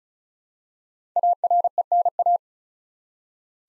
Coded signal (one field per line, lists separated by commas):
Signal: Morse code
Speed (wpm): 36 wpm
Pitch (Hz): 700 Hz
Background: none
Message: ARENA